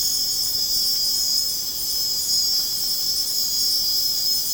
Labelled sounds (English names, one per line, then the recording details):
none
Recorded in pastures near Puerto Asís, Putumayo, Colombia, on 30 June 2025 at 04:00
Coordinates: 0.496, -76.326
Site GP01